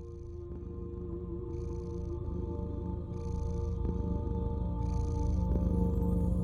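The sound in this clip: Cat purr, low and rhythmic, swelling slightly louder toward the end, with airy breath bursts alternating with quieter stretches and a constant faint hum.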